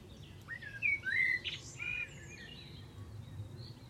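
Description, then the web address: Bird giving a brief sequence of slurred, whistled chirps early on, then quieter faint calls over low-pitched background noise. "cianscape birddata Deverinetal 2025 Bird Only Tu Me"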